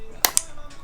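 A new two-piece plastic connector plug on the coil harness of an R32 Skyline is pushed onto an RB20 ignition coil. Two sharp clicks ring out at 0.3 s and 0.4 s over a faint steady background hum. The plug is seated.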